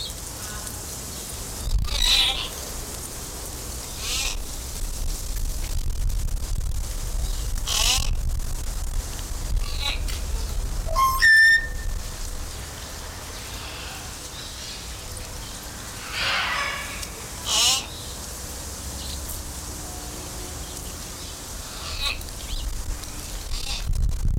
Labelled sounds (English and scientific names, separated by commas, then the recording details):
Common Hill Myna (Gracula religiosa) call
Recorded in captivity
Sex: diverse
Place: Zoo Halle, Sachsen-Anhalt, DE
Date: 1996-03-08 16:22
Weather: sonnig, 3°C
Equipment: Sony WM-D6C, Sennheiser ME 80, Kopie Uher 4000 Report Monitor
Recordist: Tembrock, Günter